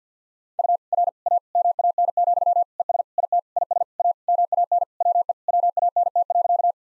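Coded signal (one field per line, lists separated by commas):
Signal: Morse code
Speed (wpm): 45 wpm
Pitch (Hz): 700 Hz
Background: none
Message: U R A MAN, ES IT IS A MAN WE WANT.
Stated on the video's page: Head-copy practice drill of sentences from the top 200 words and abbreviations in Morse code at 50 wpm, each sent twice.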